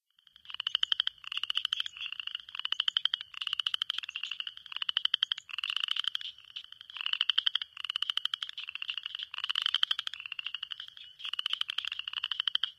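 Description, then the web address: Southern chorus frog calls: short rasping trills repeated steadily throughout, with more trilling between them. North America. "Songs of Frogs Toads of North America. Southern Chorus Frog"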